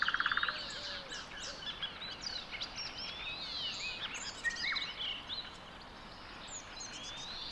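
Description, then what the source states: Birds singing together: a brief rapid trill opens, followed by sweeping whistles, rising slurred notes and scattered chirps over a steady background hiss. Song recorded within a dawn chorus.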